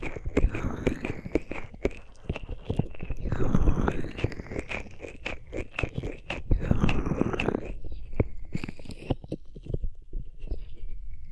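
Hands rub over ears in a dense, scratchy rustle of crackles and soft crunches, with louder swells near 1, 4 and 7 seconds. After about 8 seconds the rubbing thins into sparser, separate scrapes and clicks. No voice is heard.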